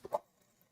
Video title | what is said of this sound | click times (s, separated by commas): Finishing The Hopscotch Gnome Quilt with Batik Fabrics ☀️ GCMS #122 10-24-25 | Now it clicked. Heard that. | 0.2 s